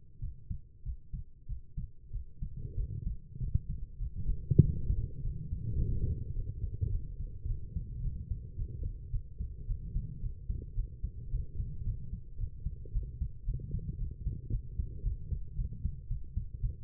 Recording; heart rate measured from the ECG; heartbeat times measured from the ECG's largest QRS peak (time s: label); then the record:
heart sounds by stethoscope; 106 bpm
0.19 s: heartbeat
0.83 s: heartbeat
1.46 s: heartbeat
2.11 s: heartbeat
2.75 s: heartbeat
3.38 s: heartbeat
3.97 s: heartbeat
4.60 s: heartbeat
5.21 s: heartbeat
5.77 s: heartbeat
6.33 s: heartbeat
6.89 s: heartbeat
7.46 s: heartbeat
8.01 s: heartbeat
8.56 s: heartbeat
9.10 s: heartbeat
9.66 s: heartbeat
10.20 s: heartbeat
10.74 s: heartbeat
11.30 s: heartbeat
11.84 s: heartbeat
12.37 s: heartbeat
12.92 s: heartbeat
13.45 s: heartbeat
13.98 s: heartbeat
14.50 s: heartbeat
15.02 s: heartbeat
15.56 s: heartbeat
16.08 s: heartbeat
16.60 s: heartbeat
From the record:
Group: healthy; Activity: cold pressor test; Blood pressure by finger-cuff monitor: 108/75 mmHg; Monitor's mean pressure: 88 mmHg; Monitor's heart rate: 100 bpm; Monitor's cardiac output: 8 L/min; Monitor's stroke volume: 83 mL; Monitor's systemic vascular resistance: 810 dyn s/cm5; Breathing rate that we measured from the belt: 30 breaths a minute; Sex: female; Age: 19 years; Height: 163 cm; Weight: 51 kg